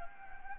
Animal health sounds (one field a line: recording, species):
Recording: mosquito wingbeat signal from an infrared sensor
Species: Anopheles gambiae